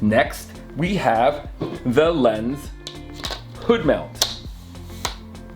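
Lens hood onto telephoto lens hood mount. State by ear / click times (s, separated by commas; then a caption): seated / 5.0 s. Someone talks over background music while twisting a plastic lens hood onto the bayonet hood mount of a Canon 70-200mm f/2.8 telephoto lens. The hood locks into place with a sharp click at 5.1 s. The hood is seated.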